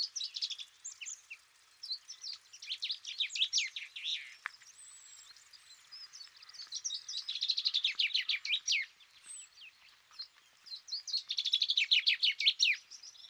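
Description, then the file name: Common chaffinch repeating fast, tumbling phrases of crisp descending notes separated by short pauses, with a light background hiss and faint extra chirps. "Fringilla coelebs"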